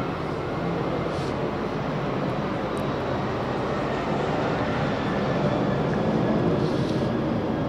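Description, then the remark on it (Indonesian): A steady, broad roar of an airplane passing overhead fills the whole stretch, a dense low rumble with a faint hissing top that swells slightly toward the end, with no voices. “Loh, pesawat lewat ini tadi kan fakta yang tiba-tiba.”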